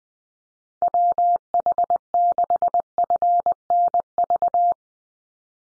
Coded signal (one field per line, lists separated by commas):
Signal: Morse code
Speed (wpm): 20 wpm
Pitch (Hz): 700 Hz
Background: none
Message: WH6FNV